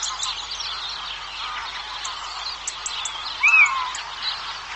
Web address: little owl